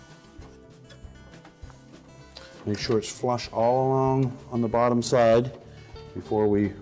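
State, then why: Not seated. The top cover panel of a General Electric microwave is tucked under the cabinet edge and lined up flush along the bottom before being pushed home. Quiet handling sounds with a few faint knocks near 1.5, 1.7 and 2.4 seconds are heard while someone talks. Nothing has snapped into place yet.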